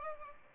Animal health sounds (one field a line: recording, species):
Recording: mosquito wingbeat signal from an infrared sensor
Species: Aedes albopictus